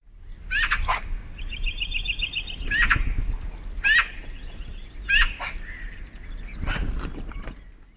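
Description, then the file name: Eurasian magpie giving harsh, rattling chatter bursts at irregular intervals, with a grating series between them, over a low steady rumble. "Pica pica"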